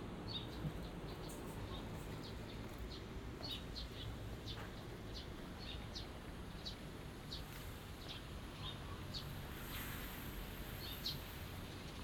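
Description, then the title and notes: Small birds giving short high chirps scattered throughout, over a steady low rumble of background noise. Small birds singing in a small garden in a corner of Yushima Tenjin shrine, Tokyo, Japan, surrounded by buildings; recorded after rain; binaural recording. "小鳥のさえずり、雨上がりの庭園にて（Binaural）- Birds singing in the garden. 湯島天神の片隅にある小さな庭園で録音しました。"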